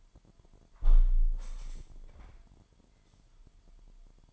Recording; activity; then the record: daily activity, microphone in the room; close window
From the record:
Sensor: 5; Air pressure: 998.0 hPa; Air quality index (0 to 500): 98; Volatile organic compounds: 2 ppm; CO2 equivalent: 1116 ppm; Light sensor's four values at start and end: 27/65/27/29 and 27/65/27/29